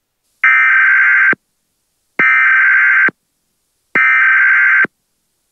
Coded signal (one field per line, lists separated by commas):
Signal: Emergency Alert System (SAME) tones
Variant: header bursts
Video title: EAS Scenario #13: Invasions Galore, Pt 1: Breaking Point